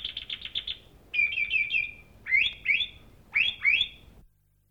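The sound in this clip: Thrush song: a quick series of repeated notes, then several slurred whistled phrases, some in pairs.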